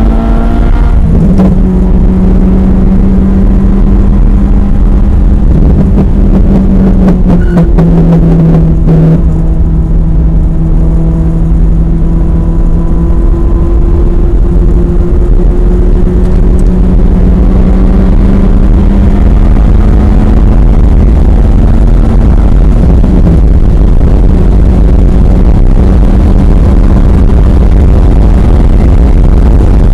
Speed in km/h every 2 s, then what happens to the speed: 127, 137, 137, 119, 111, 114, 119, 124, 134, 145, 155, 155, 161, 171, 179.
0-4 speeds up to 137. 4-7 brakes to 111. 7-30 speeds up to 179.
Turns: 5-16.